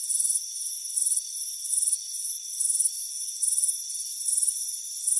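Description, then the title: Cricket chirps come as short high trills repeated a little under once a second, with a continuous shrill buzz running beneath. Crickets chirping on a warm afternoon on a front porch. "Soothing Crickets Chirping Sound"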